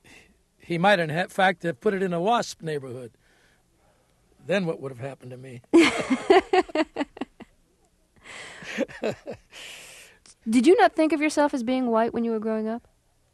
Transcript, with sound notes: He might, in fact, had put it in a WASP neighborhood. Then what would have happened to me?
(SOUNDBITE OF LAUGHTER)
Did you not think of yourself as being white when you were growing up?